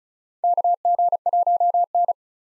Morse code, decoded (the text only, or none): KG1N